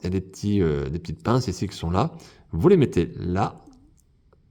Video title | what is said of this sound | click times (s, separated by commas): Chronique n°238 : Turtles of Grayskull "Reptil Wars" : Donatello | la grosse en bas et ça vient se clipser toute seule tout seul | 4.0 s, 4.3 s